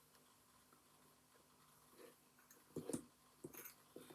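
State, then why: Not seated. A new bobbin taken from a lazy kate is handled at the flyer shaft of an Ashford e-spinner electric spinning wheel, with quiet rustling followed by short knocks and scrapes around 2.8 to 2.9 seconds and lighter taps after 3.4 seconds. The bobbin has not gone home yet, and nothing has seated or clicked onto the shaft.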